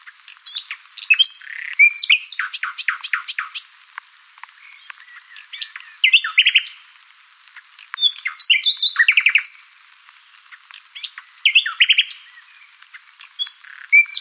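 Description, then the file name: Common nightingale singing in bursts separated by short pauses, each phrase a dense mix of sharp clicks, rapid repeated notes and high whistles. "Luscinia megarhynchos"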